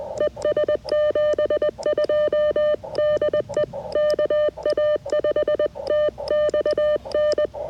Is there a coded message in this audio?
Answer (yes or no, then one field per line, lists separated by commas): yes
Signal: Morse code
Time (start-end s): 0.2-7.5 s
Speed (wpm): 20 wpm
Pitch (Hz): 600 Hz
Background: none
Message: ES 72 DE KA5TXN